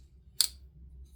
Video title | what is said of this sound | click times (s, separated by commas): The Claw - WE Ziffius Review | hear that click | 0.4 s